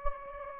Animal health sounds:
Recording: mosquito wingbeat signal from an infrared sensor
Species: Anopheles gambiae

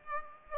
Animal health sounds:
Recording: mosquito wingbeat signal from an infrared sensor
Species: Aedes aegypti

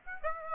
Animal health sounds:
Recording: mosquito wingbeat signal from an infrared sensor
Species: Aedes aegypti

